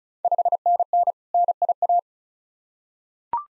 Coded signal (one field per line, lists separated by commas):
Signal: Morse code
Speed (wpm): 36 wpm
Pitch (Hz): 700 Hz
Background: none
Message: 5NN NIA